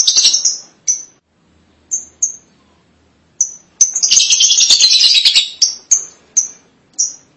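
Lovebird calls, scattered sharp high chirps broken by pauses, with a dense buzzy chattering burst in the middle followed by more evenly spaced chirps.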